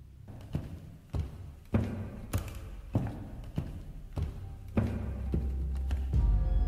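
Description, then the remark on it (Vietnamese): A man's heavy footsteps thud at a steady, unhurried pace in the dark of night, about ten dull, low impacts in a row over a faint, rumbling background, with no voices. “Tiếng bước chân của ông Tiến thình thịch vang lên.”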